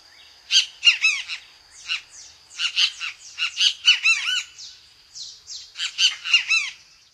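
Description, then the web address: Great kiskadee calling in rasping, buzzy notes grouped in short clusters with brief pauses, over a faint constant high whine. North America. "Songs of Birds of North America Stokes. Great Kiskadee"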